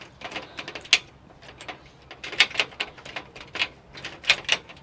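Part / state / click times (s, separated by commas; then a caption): door lock cylinder in a bus door / not seated / none. A key is turned in a newly fitted door lock cylinder in a bus door, working the cam mechanism with a series of sharp, ratchet-like mechanical clicks, the loudest near 0.9 s. Nothing has seated or locked yet: the door lock fails to lock.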